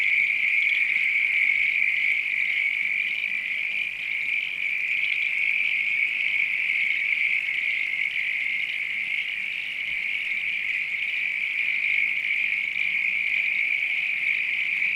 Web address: Sound Effects-Foundation AMBIENCE NIGHT COUNTRY FROGS RAIN FARM ANIMALS LOOP